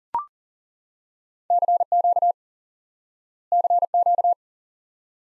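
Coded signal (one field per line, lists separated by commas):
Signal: Morse code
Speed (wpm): 42 wpm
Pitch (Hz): 700 Hz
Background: none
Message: CQ CQ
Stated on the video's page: Morse lesson teaching the QSO element 5NN by instant word recognition; speed is fast.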